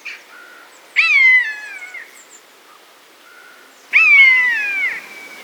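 Buzzard giving two loud, drawn-out mewing calls, each sliding downward and fading, about three seconds apart, with faint softer notes between them.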